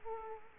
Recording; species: mosquito wingbeat signal from an infrared sensor; Culex quinquefasciatus